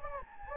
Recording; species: mosquito wingbeat signal from an infrared sensor; Anopheles gambiae